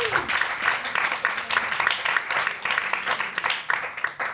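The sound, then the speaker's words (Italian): Sustained audience applause at a stand-up comedy evening at ARCI Turro, a dense, steady wash of many hands clapping at once with slight swells in loudness, fairly loud and continuous throughout, with no one speaking over it. “sono qui grazie a Dario Tedeschi, che si è inventato questa rassegna di stand-up, a cui va un fortissimo applauso.”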